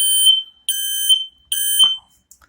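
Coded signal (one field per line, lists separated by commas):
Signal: alarm pattern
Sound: three loud, shrill, long beeps from a smoke alarm, evenly spaced, then a faint click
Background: small room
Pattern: 3 long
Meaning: Test mode is sounding the smoke alarm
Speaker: So basically, hold down the button to get the test mode going for all the alarms, or just the one alarm, however your setup is in the house.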